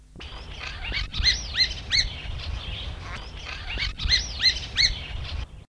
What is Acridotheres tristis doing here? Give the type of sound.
call